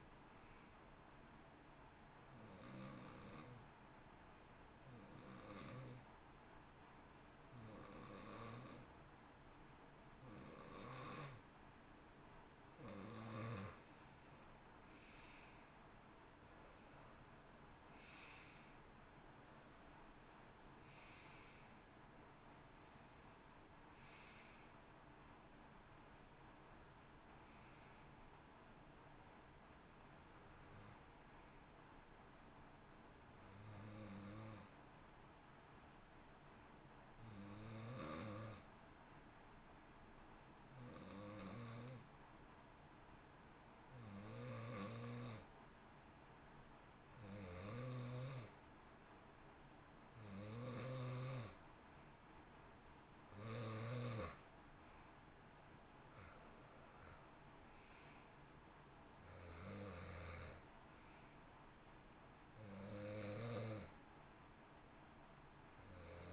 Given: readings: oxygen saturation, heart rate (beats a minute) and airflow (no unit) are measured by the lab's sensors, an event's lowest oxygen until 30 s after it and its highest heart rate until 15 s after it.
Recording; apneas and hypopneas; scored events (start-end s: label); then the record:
breathing in sleep by a voice recorder at the bedside; 2
5.00-17.00 s: hypopnea (N2, oxygen 91% highest, then 83% lowest, heart rate 63 at the start, 69 highest)
35.00-52.30 s: hypopnea (N2, oxygen 94% highest, then 88% lowest, heart rate 56 at the start, 68 highest)
From the record:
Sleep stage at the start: N2 (light sleep); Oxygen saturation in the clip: 83 to 94%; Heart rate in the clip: 56 to 69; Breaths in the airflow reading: 19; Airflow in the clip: -11.5 to 13.6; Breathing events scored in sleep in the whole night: 328 in 6.3 hours asleep